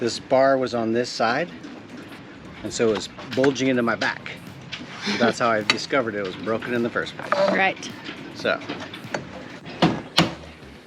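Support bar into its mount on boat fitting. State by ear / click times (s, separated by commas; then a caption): seated / 10.2 s. A broken support bar on a boat fitting, which had moved to the wrong side and was bulging into someone's back, is pushed back into its mount while someone talks. A few short knocks follow, and a sharp pop at 10.2 s marks the bar snapping back into place, seated.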